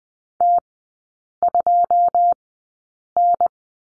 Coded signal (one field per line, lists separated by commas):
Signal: Morse code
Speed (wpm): 20 wpm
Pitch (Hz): 700 Hz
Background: none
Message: T2N